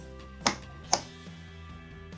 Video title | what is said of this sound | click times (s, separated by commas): Como montar um pc gaming | Portanto, ouviram isto a clicar, é o som normal disto encaixar. | 0.5 s, 0.9 s